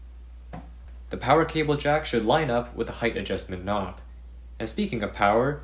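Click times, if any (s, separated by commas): 0.5 s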